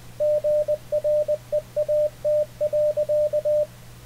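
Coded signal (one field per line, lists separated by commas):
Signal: Morse code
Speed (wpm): 20 wpm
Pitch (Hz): 600 Hz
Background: radio noise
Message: GREAT.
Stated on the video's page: CW sent and received with an Icom IC-7300 via Ham Radio Deluxe; the other station sent at 20 wpm and the 7300 was set to 20 wpm.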